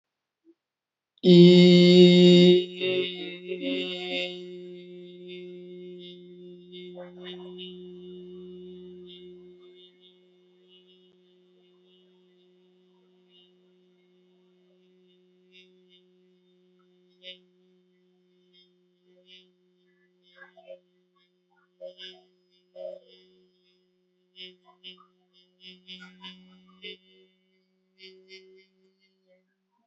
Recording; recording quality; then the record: sustained vowel as in beet; excellent, no background noise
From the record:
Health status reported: healthy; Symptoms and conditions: cough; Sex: male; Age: 30 years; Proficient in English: yes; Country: India